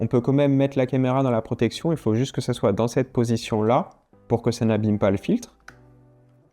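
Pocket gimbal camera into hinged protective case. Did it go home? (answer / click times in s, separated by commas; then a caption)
yes / 5.7 s. Someone talks while a DJI Pocket 3 gimbal camera with an ND filter fitted sits in a hinged, side-opening protective case. The case is closed around it and snaps shut with a sharp click at 5.7 s, seating the camera securely inside.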